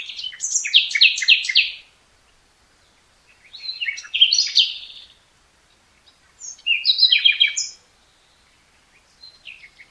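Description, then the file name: Common nightingale song in three loud phrases separated by short pauses, each a rapid sequence of varied rattling and whistled notes, with a faint fourth phrase at the end. "Luscinia megarhynchos"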